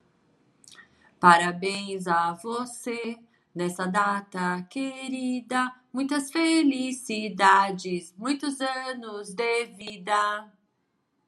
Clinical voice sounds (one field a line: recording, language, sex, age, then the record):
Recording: short text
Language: Brazilian Portuguese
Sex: female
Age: 40 to 49 years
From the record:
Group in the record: control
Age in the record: 48 years